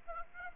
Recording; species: mosquito wingbeat signal from an infrared sensor; Aedes aegypti